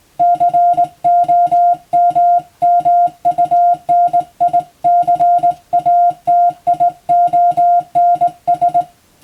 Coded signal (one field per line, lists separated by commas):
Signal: Morse code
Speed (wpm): 19 wpm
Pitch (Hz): 700 Hz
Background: music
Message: COMMUNICATIONS